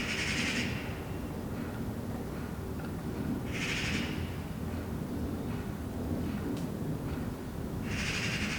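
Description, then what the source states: Eurasian magpie chattering in three harsh, rattling bursts, each under a second, spaced about three to four seconds apart, over a steady low rumble. Several magpies chattering in a tree beside a balcony in Saint-Gilles, Belgium, on a Sunday morning; recorded on a Sony PCM-D100.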